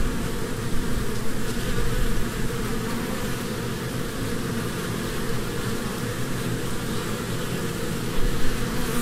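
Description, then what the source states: Honey bee: dense droning hum of many honey bees, steady and low, swelling slightly near the end. Humming of a swarm from a beehive.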